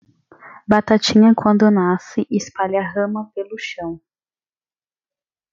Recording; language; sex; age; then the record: short text; Brazilian Portuguese; female; 20 to 29 years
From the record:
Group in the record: control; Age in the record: 22 years